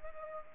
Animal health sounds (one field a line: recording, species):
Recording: mosquito wingbeat signal from an infrared sensor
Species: Culex pipiens